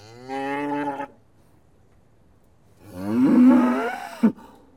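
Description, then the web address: Cattle: cow moos twice: a short steady low moo, then after a pause a louder, rougher, drawn-out bellow ending with a brief click. Several cows mooing; livestock. "The BBC Sound Effects Library. Cows Mooing"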